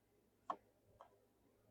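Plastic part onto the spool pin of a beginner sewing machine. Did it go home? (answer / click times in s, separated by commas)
yes / 0.5 s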